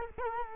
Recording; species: mosquito wingbeat signal from an infrared sensor; Culex quinquefasciatus